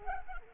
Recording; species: mosquito wingbeat signal from an infrared sensor; Culex pipiens